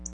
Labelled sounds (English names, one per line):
Black-throated Blue Warbler flight call